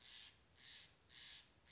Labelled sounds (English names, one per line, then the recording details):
Steller's Jay
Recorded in Sonoma County, California